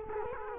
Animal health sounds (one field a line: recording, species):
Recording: mosquito wingbeat signal from an infrared sensor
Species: Culex quinquefasciatus